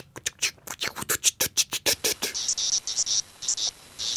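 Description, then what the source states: Little 17-year cicada song, an irregular run of sharp dry ticks and clicks, at first fast and loud, then thinner high-pitched ticks at uneven gaps. Species number two; irregular 'bebop' song of a 17-year periodical cicada; fewer and quieter than the others, so less is known about them.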